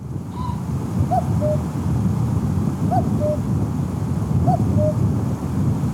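Steppe cuckoo giving a two-note cu-coo, the second note lower, repeated three times over a heavy low rumble.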